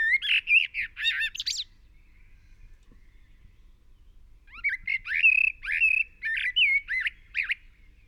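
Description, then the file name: Eurasian blackbird song: a short mellow warble with a high scratchy ending, then after a quiet gap a longer run of fluted notes and twitters. "Turdus merula"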